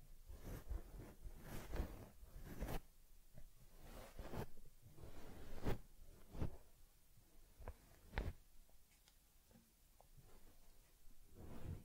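Ear cleaning on a teddy bear, heard as soft rubbing and scratchy brushing strokes that come in irregular bursts. Sharp crisp scrapes stand out around two, six and eight seconds, with quieter fuzzy rustling and short pauses between them.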